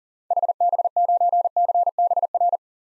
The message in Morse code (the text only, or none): HB9CBR